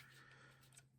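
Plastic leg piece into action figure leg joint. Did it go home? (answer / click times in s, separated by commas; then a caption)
no / none. A replacement plastic leg piece from a DNA Designs DK-21 upgrade kit is pushed into the leg joint of a transformable Scorponok robot toy over a low, steady hum. The piece feels seated, but it has not clicked into place yet.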